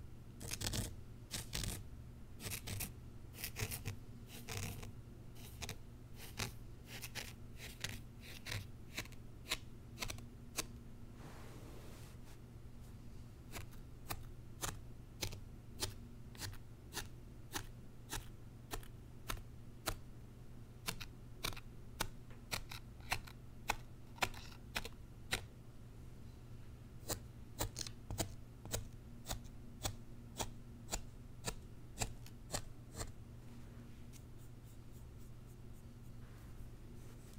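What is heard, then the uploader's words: Unboxing a zen garden: sharp, dry clicks and snaps of handled packaging come irregularly throughout, bunching into quick flurries around the middle and again near the end. A steady low hum runs underneath the whole time. ASMR Icnbuys Zen Garden Unboxing No Talking.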